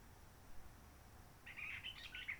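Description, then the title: Réunion bulbul starting a quick chattering, warbled phrase in the second half after a stretch of quiet background noise. Roche Merveilleuse forest, Réunion; quiet since 19 March 2020 lockdown, no visitors, microlights or helicopters; sunny; birds not very active; sings simpler short phrases, adapted to past air-tourism noise. "Roche Merveilleuse, Réunion - Merle de lîle de la Réunion."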